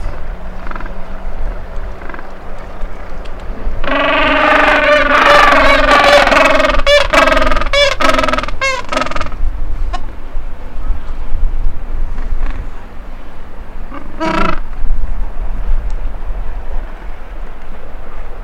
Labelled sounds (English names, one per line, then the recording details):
Gentoo Penguin call
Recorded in the wild
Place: Brown Station, Antarctica, AQ
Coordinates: -64.54, -62.52
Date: 2018-12-25
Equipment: Olympus LS-100, Sennheiser ME66
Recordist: Beaulieu, Michaël